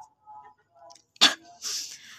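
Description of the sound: One sharp, explosive cough burst with a brief breathy hiss after, following faint murmured speech, from an adult woman whose voice is strained, coughing from tiredness and little sleep after just getting home.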